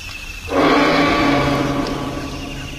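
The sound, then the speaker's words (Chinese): A huge, deep roar of a tyrannosaurus rex overturning a tour electric car in a dinosaur park bursts in after a half-second of low rumble and holds loud and rasping to the end, slowly fading slightly, with no voices. “外出游览的电动汽车却偏偏停在了猛兽区，恐怖的庞然大物霸王龙掀翻了汽车，吃掉了律师。”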